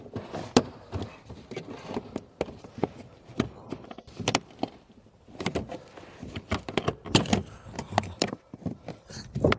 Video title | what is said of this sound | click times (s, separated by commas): Ajouter CarPlay et Android auto sans fil dans une Volvo XC60 | Il suffit de déclipser. Donc ça, vous pouvez vous aider de l'outil. | 0.6 s, 4.3 s, 7.2 s, 8.0 s, 8.2 s, 9.5 s